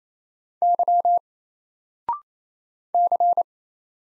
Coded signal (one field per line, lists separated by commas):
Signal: Morse code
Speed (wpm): 28 wpm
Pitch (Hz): 700 Hz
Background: none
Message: Y C